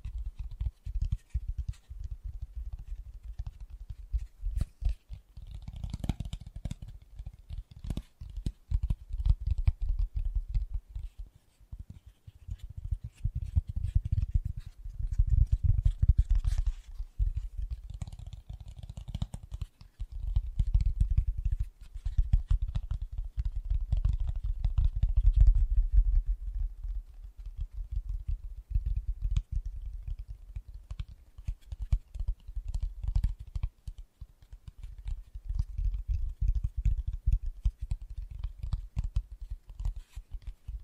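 Fast, gentle tapping runs throughout as a dense, steady stream of soft, quick taps, much like typing on a keyboard. The sound sits mostly low and muffled, with brief bright clicks scattered through it. Loudness rises and falls in waves, with quieter dips around 12 and 30 seconds.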